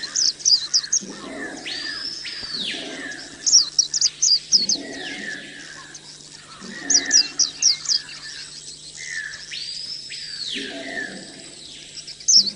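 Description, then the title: Oriental magpie-robin song in short bursts of rapid high chirps every few seconds, with arching whistled sweeps. "Kicau Kacer"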